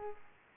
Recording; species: mosquito wingbeat signal from an infrared sensor; Aedes aegypti